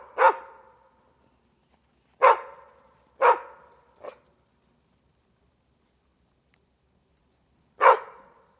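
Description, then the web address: Dog barking: single sharp barks, one loud, then two close together, a softer short one, and a final bark after a long pause, each trailing off in echo. Urban setting, with reverb. "urban dog bark chain rattle reverb"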